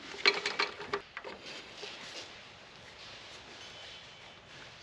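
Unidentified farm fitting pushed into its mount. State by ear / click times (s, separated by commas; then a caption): seated / 0.3 s. An unidentified farm fitting is pushed into its mount until it snaps into place. A loud, sharp snap at 0.3 s is followed by smaller clicks over the next second, then a low, steady hiss. The fitting is seated.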